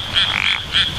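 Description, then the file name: Japanese wrinkled frog croaking, three short grating bursts within a second over a steady high insect-like whine. "tsuchigaeru"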